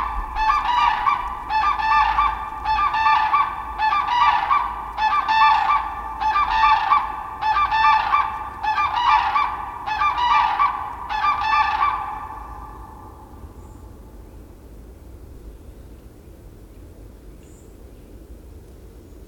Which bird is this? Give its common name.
Demoiselle Crane